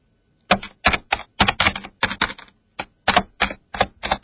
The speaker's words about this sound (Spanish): el ordenador de Fernando es algo vetusto, entonces el teclado pues hay que... En fin, no es presionar con la yemita